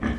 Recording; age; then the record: pig call; growing-finishing pig (85 days or more)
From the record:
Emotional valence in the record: negative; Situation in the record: barren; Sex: female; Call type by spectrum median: low-frequency call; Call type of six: low-frequency stable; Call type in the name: low-frequency stable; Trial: 3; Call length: 0.19 s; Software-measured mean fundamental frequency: 42 Hz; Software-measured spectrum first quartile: 176 Hz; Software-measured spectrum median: 337 Hz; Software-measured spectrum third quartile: 1203 Hz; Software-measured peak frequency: 230 Hz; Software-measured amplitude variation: 121 dB a second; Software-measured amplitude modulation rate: 21.6 a second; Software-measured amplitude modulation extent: 5.6 dB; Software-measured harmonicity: 2.1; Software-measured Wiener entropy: -1.62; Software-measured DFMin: 985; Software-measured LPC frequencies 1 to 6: 1157, 1757, 2181, 3169, 6003, 6958 Hz